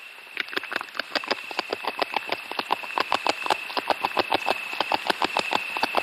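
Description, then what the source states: Beaver gnawing wood: crisp, rapid scraping bites, several a second, over a constant high whine. A mammal gnawing wood.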